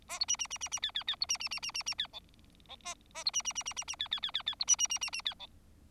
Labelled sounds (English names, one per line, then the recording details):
Bengalese Finch song
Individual Bird4